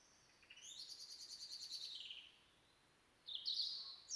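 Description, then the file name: European robin song: a fluttering, tremulous phrase that sweeps up and then down, a short pause, then a brief high twittering burst. "Erithacus rubecula"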